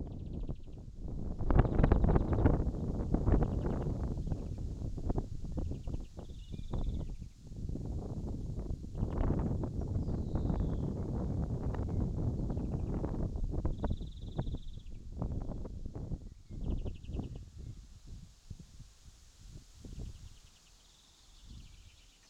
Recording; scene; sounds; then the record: everyday scene through a hearing-aid microphone; wind on the microphone; wind, birds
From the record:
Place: in front of a rural house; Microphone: in the ear canal, left